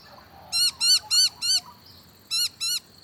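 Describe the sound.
Noisy miner calls: loud, ringing notes given in a rapid run of four, then two more after a short pause.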